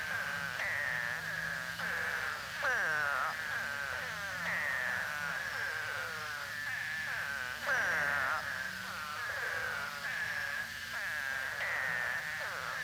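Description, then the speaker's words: Eastern spadefoot chorus of drawn-out, nasal, downward-sliding moans, many overlapping, some louder calls standing out every few seconds. Common in upland habitats statewide in Florida, including Key West; calls only a few days after torrential rains, mostly late winter or early spring, but after heavy rains any season. "Spadefoots usually call for only a few days following torrential rains."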